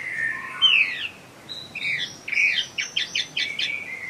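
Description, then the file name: Chinese hwamei: songbird giving a softer, varied phrase: a slurred whistle, a pause, then a string of short quick notes repeated rhythmically toward the end. Bird in full song, described as gacor. "audio hwamei gacor. omkicau"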